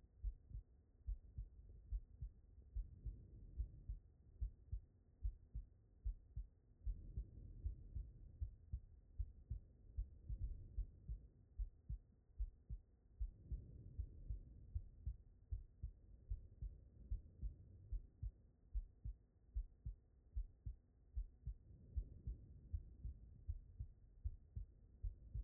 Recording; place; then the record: heart sounds by stethoscope; aortic valve (AV)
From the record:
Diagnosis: non-HFrEF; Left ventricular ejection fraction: 60%